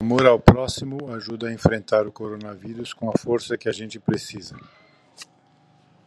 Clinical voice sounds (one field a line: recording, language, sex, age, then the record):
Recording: spoken sentence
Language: Brazilian Portuguese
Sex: male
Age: 60 to 69 years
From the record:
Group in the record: control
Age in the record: 62 years